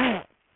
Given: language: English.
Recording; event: throat vibration sensor signal played as sound; throat clearing